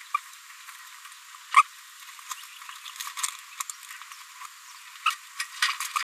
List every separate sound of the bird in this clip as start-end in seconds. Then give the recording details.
0.14-0.19, 1.53-1.63, 2.30-2.33, 3.60-3.62, 5.06-5.15, 5.39-5.44, 5.62-5.75, 5.80-5.87, 5.95-6.03. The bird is a female. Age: 22 days. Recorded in a nest box in Venezuela. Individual 17B73B3